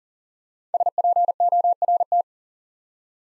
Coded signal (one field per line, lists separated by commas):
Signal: Morse code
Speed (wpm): 39 wpm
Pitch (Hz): 700 Hz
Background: none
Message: SPORT